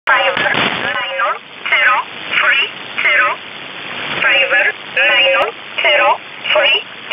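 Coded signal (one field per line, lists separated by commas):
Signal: numbers station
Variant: E11 Oblique, English voice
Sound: a voice reading about eight short, evenly spaced words, likely numbers, through static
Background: radio static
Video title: 24 06 2019 E11 Oblique Numbers station in English 0457 on 7469 unknown tx site in USB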